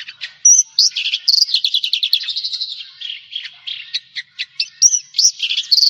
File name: suara burung branjangan jawa